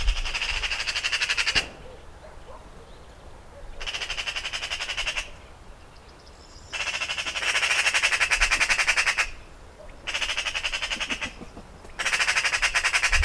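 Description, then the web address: Eurasian Magpie giving a harsh, dry chatter, a fast machine-like rattle repeated in several bursts with short quieter gaps. "Ocells Cultura Urraca común"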